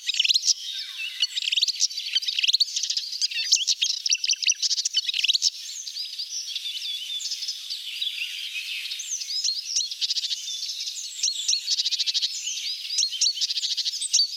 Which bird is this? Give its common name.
Marsh Warbler